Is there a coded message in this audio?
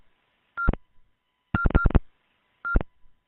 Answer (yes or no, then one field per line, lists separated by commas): no